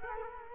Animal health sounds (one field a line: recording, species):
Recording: mosquito wingbeat signal from an infrared sensor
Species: Culex quinquefasciatus